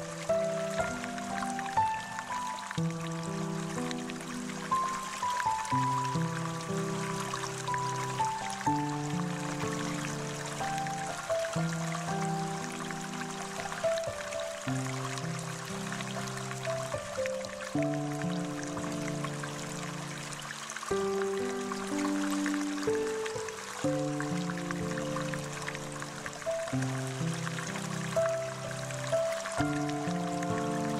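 Slow, deep music with sustained low chords changing every few seconds, layered over a steady, bright wash of flowing water throughout.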